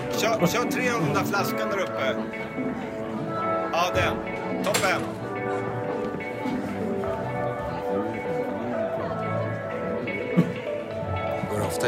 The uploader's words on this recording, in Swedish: Baren. En timme sorlande barljud.